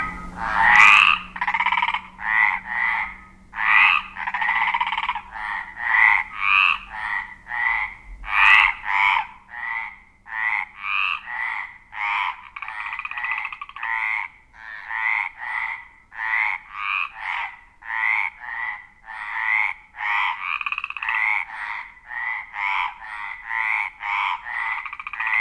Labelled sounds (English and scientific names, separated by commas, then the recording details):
Mediterranean Tree Frog (Hyla meridionalis) call
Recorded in the wild
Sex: male
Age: adult
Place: Saint Remy de Provence, Provence, Provence-Alpes-Côte d'Azur, FR
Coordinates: 43.7883, 4.83278
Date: 1994-05-19
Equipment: Sony TCD-D3, 2 Sennheiser MKE 2 in Doppelreflektoren (Eigenbau)
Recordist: Krey, Winfried